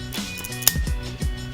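An interchangeable lens is rotated on the bayonet mount of a Canon EOS M200 mirrorless camera body over background music, and it locks with a single sharp click at 0.7 s. The lens is seated on the camera.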